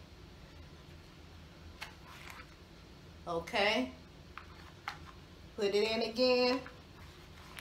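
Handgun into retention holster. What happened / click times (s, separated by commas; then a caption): The pistol is handled near the holster but not yet seated / none. A pistol is handled at a polymer retention holster as it is about to be put back in, with someone talking and a few faint, short handling ticks. Nothing has seated or clicked into the holster's retention yet.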